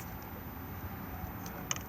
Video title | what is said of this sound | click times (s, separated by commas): 47482 Mobilvetta 2021 K-Yacht 85 outside handover | literally push on it and it will then pop back out again | 1.7 s